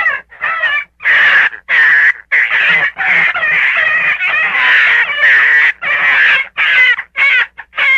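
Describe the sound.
Gray fox delivering repeated harsh, trembling yowls in a fast series with short gaps between bursts.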